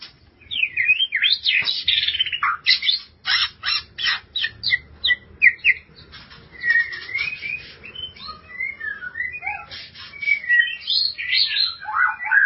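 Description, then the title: White-rumped shama in rapid, varied song with harsh squawky notes, sharp clicks and twisting whistles packed closely together. "Kicau Murai Batu"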